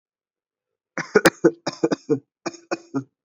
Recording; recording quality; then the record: heavy voluntary cough; poor, much background noise or distortion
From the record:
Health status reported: COVID-19 positive, mild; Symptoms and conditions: cough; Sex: male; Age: 24 years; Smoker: not ticked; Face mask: worn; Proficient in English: yes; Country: India